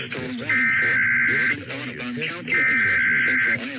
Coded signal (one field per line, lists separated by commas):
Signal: Emergency Alert System (SAME) tones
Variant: header bursts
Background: speech